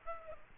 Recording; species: mosquito wingbeat signal from an infrared sensor; Aedes aegypti